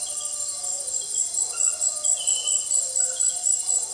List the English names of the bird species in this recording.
none